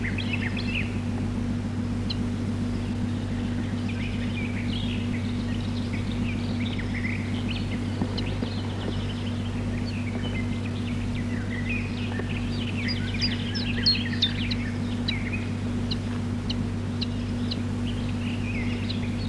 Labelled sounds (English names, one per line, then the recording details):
Common Chiffchaff
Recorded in the wild
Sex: pair
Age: adult
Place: Friedrichsmoor, Landschaftsschutzgebiet Lewitz, Mecklenburg-Vorpommern, DE
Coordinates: 53.4572, 11.5731
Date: 1965-05-21
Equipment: Grundig TK 4, BG 20/6 - 19 cm/s
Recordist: Schubert, Michael